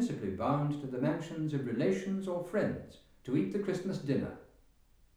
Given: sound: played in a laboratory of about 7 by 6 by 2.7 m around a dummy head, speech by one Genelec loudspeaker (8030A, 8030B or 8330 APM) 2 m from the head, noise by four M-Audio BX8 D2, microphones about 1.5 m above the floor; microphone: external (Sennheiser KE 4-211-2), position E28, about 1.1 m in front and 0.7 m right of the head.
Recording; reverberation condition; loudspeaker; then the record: male speech in English; medium; 90 degrees to the right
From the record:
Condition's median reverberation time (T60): about 510 ms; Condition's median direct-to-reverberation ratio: about -0.5 dB